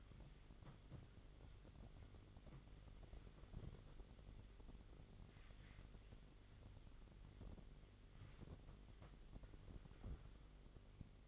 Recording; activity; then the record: daily activity, microphone in the room; wipe stove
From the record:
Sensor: 4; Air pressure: 1004.1 hPa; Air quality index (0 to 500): 156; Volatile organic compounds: 2 ppm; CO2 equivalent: 1110 ppm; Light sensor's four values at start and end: 12/29/12/13 and 12/28/12/12